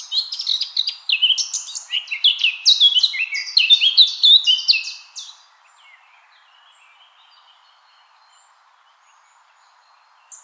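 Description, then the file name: Eurasian blackcap song: a rapid, varied warble of sweet and scratchy notes lasting about five seconds, then near silence with a faint hum, and a brief note at the very end. "Sylvia atricapilla"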